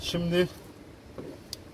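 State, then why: Seated. While replacing the spark plug and ignition coil on a Fiat Egea, a wiring socket is pushed firmly onto the ignition coil until it locks. Someone talks at the start, then a single sharp click is heard at 1.5 s as the connector seats and locks in place.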